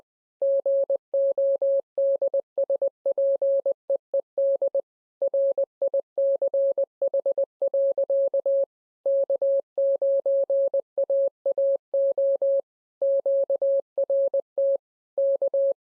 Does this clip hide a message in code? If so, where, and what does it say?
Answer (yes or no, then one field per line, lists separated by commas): yes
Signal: Morse code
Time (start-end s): 0.4-15.7 s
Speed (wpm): 20 wpm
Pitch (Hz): 550 Hz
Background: none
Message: GODSPEED RICH. K9AAO QRT K